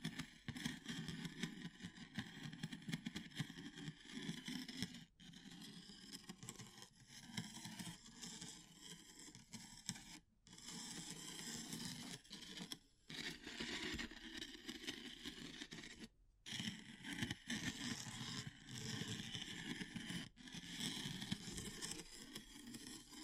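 Wood, bamboo and straw sounds fill the clip with continuous dense scraping and rustling, a busy mix of low rumbling texture and bright crackle. Brief silent breaks cut in near 5, 10, 13 and 16 seconds before the friction resumes at a steady level.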